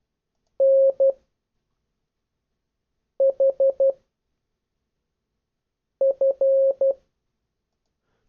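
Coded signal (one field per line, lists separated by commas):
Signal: Morse code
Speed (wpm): 12 wpm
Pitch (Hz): 540 Hz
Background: none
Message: NHF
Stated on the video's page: Morse sending practice.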